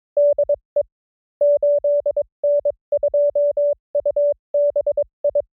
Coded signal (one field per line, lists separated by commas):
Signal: Morse code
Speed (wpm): 25 wpm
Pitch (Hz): 580 Hz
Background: none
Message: DE 8N2UBI